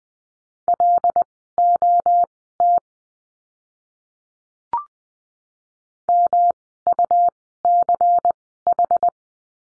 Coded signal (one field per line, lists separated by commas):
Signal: Morse code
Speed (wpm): 20 wpm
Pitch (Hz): 700 Hz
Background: none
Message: LOT MUCH